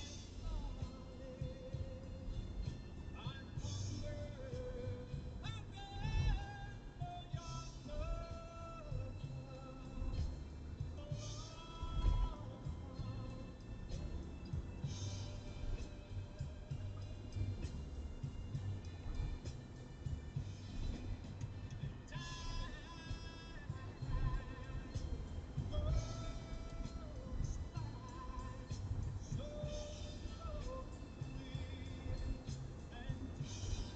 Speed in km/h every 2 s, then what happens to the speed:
57, 61, 63, 65, 63, 63, 66, 70, 71, 72, 75, 76, 77, 78, 79, 80, 81.
0-20 speeds up to 75. 20-34 steady at about 78.